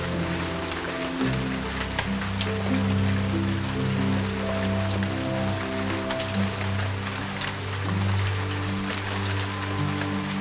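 Rain falls steadily on leaves, a dense, even patter full of small bright ticks and droplets throughout. Beneath it, gentle music holds long, low sustained tones that shift chords slowly, changing around the second, fourth and eighth seconds.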